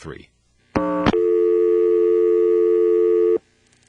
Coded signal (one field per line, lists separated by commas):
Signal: telephone call progress tone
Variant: North America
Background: speech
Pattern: dial tone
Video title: Carolina Telephone Part 4 - NX1-E in Vanceboro NC (March, 1977)